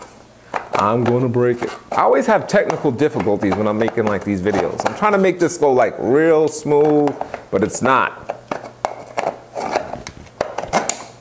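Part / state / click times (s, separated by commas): reflector dish on studio strobe light mount / seated / 10.9 s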